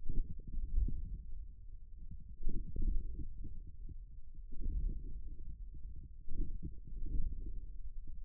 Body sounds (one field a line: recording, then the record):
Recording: forearm muscle sounds (acoustic myography)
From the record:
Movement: ulnar deviation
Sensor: system 1, eight BSWA MPA416 microphones around the upper forearm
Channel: 8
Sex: male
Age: 41 years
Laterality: right